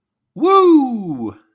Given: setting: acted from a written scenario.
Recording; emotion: vocal sound without words; elation